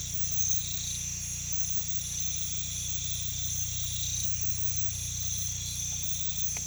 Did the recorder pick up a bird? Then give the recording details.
no. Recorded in pastures near Puerto Asís, Putumayo, Colombia, on 16 December 2024 at 04:00. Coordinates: 0.472, -76.331. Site GP02